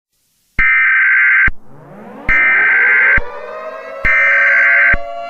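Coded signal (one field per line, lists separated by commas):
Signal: Emergency Alert System (SAME) tones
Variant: header bursts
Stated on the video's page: Fictional, deliberately unrealistic tsunami alert scenario.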